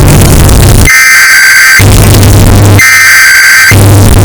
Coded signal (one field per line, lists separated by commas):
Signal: Emergency Alert System (SAME) tones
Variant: header bursts